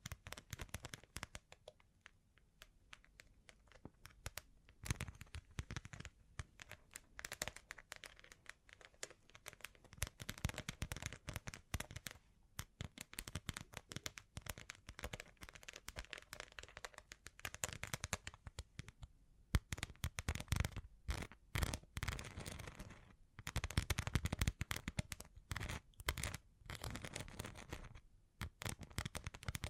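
Bling trigger sounds: dense, rapid crinkly clicks and rattling taps continue for the whole clip, with brief silent gaps and louder bursts near the end.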